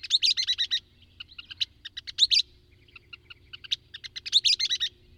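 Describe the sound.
Songbird singing repeated phrases of quick, high, clipped notes, each phrase swelling into a loud rapid trill, three bursts throughout.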